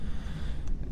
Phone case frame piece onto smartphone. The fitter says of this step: and slides into place right there and as you heard it click so